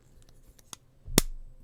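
The second plastic arm of a Gobots Monstrous toy is turned until its stud snaps into the locking hole in the body, seating firmly. After a few faint ticks around 0.6 and 0.7 s, a sharp, loud plastic snap lands at 1.2 s, followed by a brief low rumble as the arm locks in place.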